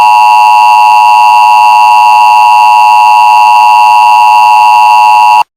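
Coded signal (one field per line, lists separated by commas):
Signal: Emergency Alert System (SAME) tones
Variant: 853 and 960 Hz attention tone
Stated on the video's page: Fictional EAS scenario.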